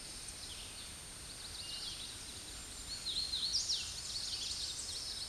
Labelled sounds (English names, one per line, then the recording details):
Hooded Warbler song
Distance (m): 30 m
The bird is about 15 m above the microphone
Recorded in a Pennsylvania forest on 16 May 2024 at 08:07
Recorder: AudioMoth, point MSD-0398
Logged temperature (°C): 16.4 °C
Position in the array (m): 172 m, 85 m